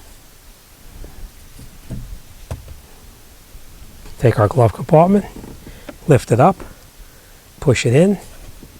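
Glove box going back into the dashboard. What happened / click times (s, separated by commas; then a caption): Handled, not yet home: the plastic compartment is moved but has not seated / none. A plastic glove box on a 2017–2021 Honda HR-V is lifted and pushed back into the dashboard after a cabin filter change, with faint handling noises under someone talking. Nothing has seated or clicked yet.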